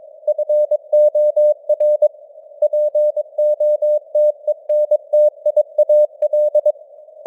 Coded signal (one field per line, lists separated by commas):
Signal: Morse code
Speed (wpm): 22 wpm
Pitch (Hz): 600 Hz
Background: none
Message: FOR POTENTIAL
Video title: Morse Code News | 2026-01-10 | 22wpm